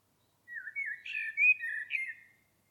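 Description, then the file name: Common blackbird singing a smooth, liquid whistled phrase that dips and rises for about two seconds against a silent background. "Turdus merula"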